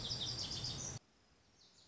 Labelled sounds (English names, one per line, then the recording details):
Lazuli Bunting
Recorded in Sonoma County, California